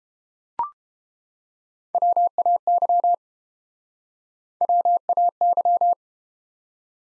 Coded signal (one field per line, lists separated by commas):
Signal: Morse code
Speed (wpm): 31 wpm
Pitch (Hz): 700 Hz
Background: none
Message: WAY WAY